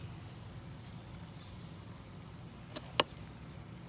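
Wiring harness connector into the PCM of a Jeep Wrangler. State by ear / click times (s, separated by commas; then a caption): seated / 3.0 s. A plastic wiring harness connector, locking tabs up, is slid into the newly installed PCM of a 2011 Jeep Wrangler Rubicon over a steady low hum. A faint tick at 2.9 s is followed by a sharp, bright click at 3.0 s as the connector latches home and seats.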